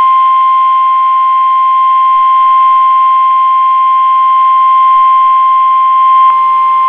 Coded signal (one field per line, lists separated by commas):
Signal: Emergency Alert System (SAME) tones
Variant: 1050 Hz attention tone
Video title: Required Weekly Tests on KEC65, WXJ88 and WNG676 (EAS #250-252)